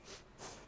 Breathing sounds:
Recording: one breath in and out by a microphone near the nose and mouth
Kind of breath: strong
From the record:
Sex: female

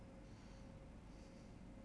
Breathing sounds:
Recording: one breath in and out by a microphone near the nose and mouth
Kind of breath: normal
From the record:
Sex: male

